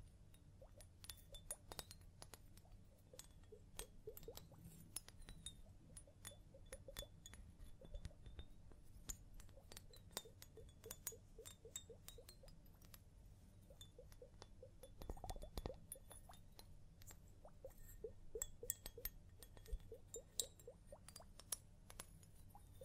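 Scalp massage during a hair wash: quick, irregular clicks and light clinks over a steady low rumble, with a fuller rustling burst around fifteen seconds.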